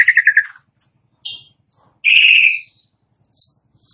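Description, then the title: Asian pied starling giving a quick stuttered trill, a short whistle, then a loud harsh squealing note, with quiet stretches between. Starling starts singing in under a minute. "Belum Satu Menit Jalak Suren Langsung Bunyi"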